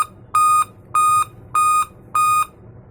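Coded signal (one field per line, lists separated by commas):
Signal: beep code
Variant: Dell laptop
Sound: repeated steady high beeps, four heard, evenly spaced about 0.6 s apart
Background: small quiet room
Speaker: उसमें अगर इस तरीके से पांच बार बीप साउंड आ रहा है तो इसका सलूशन क्या हो सकता है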